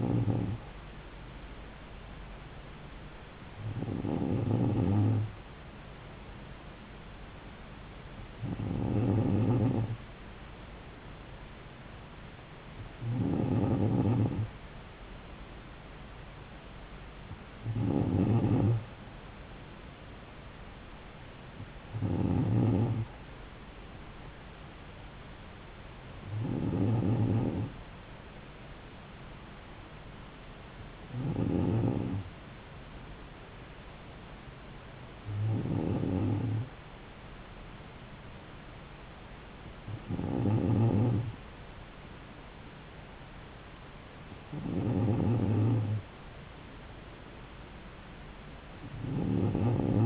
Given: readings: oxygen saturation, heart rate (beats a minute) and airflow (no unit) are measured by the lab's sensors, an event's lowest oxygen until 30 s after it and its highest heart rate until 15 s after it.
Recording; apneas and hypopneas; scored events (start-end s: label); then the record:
breathing in sleep by a voice recorder at the bedside; none
none scored
From the record:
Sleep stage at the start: N2 (light sleep); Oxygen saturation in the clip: 94%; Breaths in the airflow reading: 11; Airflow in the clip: -3.3 to 3.1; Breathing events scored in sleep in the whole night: 270 in 6.1 hours asleep